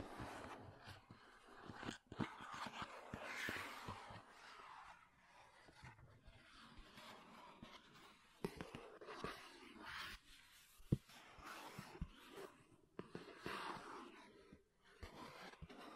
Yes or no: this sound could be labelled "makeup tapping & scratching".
yes